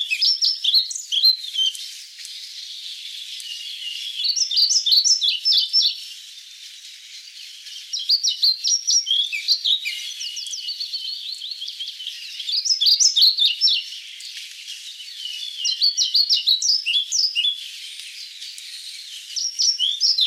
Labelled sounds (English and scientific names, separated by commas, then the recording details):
European Pied Flycatcher (Ficedula hypoleuca) song
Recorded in the wild
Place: Berezinsky, BY
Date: 2005-05-17
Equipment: Minidisc Sony MZ-R35, Telinga DAT, Telinga-Parabolspiegel
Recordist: Schwarz, Dieter